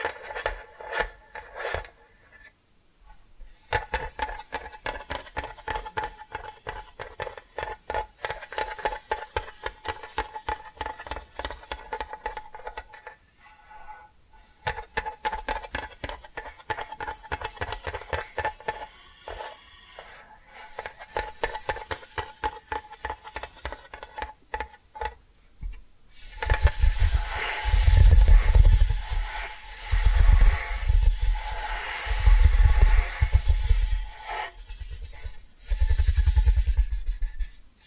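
Tapping and scratching sounds, dense and fast, run in bursts separated by short pauses near 3, 14 and 25 seconds. A faint steady tone hums beneath. From about 26 seconds the scratching grows louder and brighter, with heavy low thumps recurring every few seconds.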